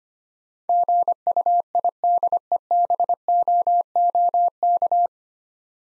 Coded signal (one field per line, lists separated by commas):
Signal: Morse code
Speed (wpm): 25 wpm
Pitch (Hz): 700 Hz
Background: none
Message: GUIDEBOOK